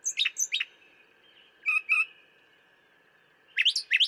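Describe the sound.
Brown thrasher singing in couplets: two sharp downslurred notes, a doubled lower pair, then a fresh rapid group of rising notes.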